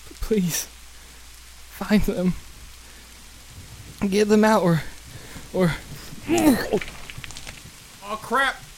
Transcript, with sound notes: Please, find them. Get them out or...or... (Groaning) Aw, crap.